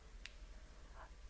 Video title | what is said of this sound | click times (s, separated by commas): Apothekerin erklärt ➡️ Wie Sie Ihren Mounjaro© KwikPen© richtig und sicher anwenden! (deutsch) | To vent the pen, press firmly on the bottom until you hear a small click – just press until it stops turning – and then count to five. | 0.3 s